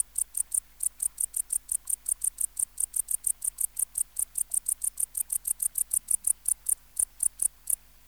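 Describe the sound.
Tettigonia hispanica bush-cricket singing a fast, even series of sharp high-pitched chirps, about five a second, stopping just before the end.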